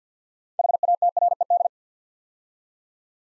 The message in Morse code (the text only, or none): HATRED